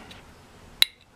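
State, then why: Seated. While rejetting a Yamaha RD400 two-stroke motorcycle carburetor, the protruding metal throttle cable end or slide part is gripped with greasy fingers and pushed into its small slot. Against a quiet background, a single sharp, bright metallic click sounds at 0.8 s, showing the part has seated in place.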